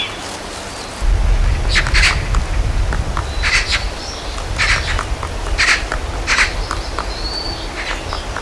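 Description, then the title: Woodpecker chiselling wood with hard, sharp strikes spaced irregularly, up to about a second and a half apart, over a low rumbling background and a faint high chirp. Woodpecker excavating a hole in a tree. "딱따구리 나무구멍 파는 영상"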